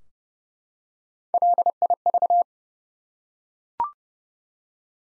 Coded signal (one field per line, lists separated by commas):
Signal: Morse code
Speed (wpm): 30 wpm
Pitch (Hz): 700 Hz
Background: none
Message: LIV